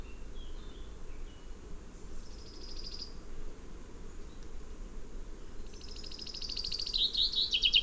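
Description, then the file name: Common chaffinch song: a faint high trill around the second second, then a fuller rapid chirping trill that swells loudly toward the end, over low background rumble. "Fringilla coelebs"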